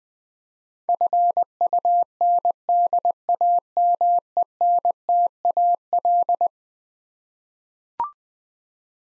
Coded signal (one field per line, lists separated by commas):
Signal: Morse code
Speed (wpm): 20 wpm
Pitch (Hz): 700 Hz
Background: none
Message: FUNDAMENTAL